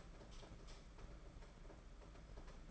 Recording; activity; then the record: daily activity, microphone in the room; light on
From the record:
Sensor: 5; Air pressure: 992.1 hPa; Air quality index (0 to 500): 204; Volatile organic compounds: 1000 ppm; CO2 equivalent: 5904 ppm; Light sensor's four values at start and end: 8/19/7/8 and 8/19/7/8